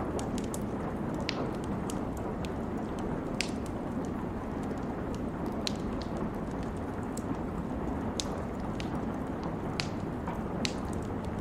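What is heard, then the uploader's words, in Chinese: A fire on a rainy night: a steady, dense low rush of rain under sharp, bright crackles and pops that snap out irregularly throughout. 雨夜火炉。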